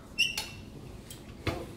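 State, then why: Not seated. The lid of a heat press or laminating press is handled on its way toward its closed, locked position on the press. A brief high-pitched squeak is followed by short knocks and rattles, the loudest near the end. The lid has not clicked or locked into place yet.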